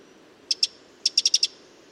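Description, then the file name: Eurasian wren uttering two sharp ticks, a brief pause, then a quick run of five hard clicking notes. "Troglodytes troglodytes"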